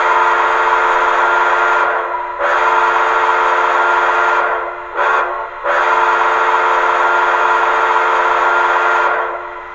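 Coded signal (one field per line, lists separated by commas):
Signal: train horn signal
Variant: steam locomotive whistle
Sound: steam whistle chord blowing two long blasts, one short, then one long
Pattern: 2 long, 1 short, 1 long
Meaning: Approaching a grade crossing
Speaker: there's a grade crossing button that you can press that would then play the grade crossing sound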